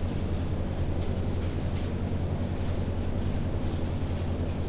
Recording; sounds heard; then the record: poultry house recording; no chicken sound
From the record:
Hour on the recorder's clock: 19